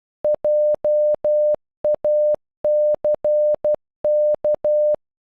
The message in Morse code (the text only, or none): JACK